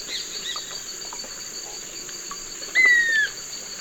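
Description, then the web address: Swainson's flycatcher gives one clear whistled note that slurs gently downward, set against a constant shrill insect chorus. Recorded in the eastern lowlands of South America. "Natures Songs S America Eastern Lowlands. Swainson's Flycatcher"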